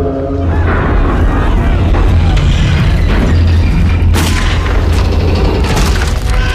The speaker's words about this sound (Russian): Корпус «Титаника» начинает разламываться на две части.